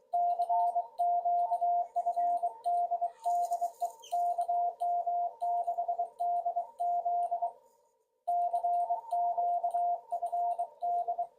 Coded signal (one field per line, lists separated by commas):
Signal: Morse code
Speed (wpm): 23 wpm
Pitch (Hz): 700 Hz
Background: radio noise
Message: CQ FD DE KM6DZ CQ FD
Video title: Prepare for the worst... Hope for the best️ / Field Day 2023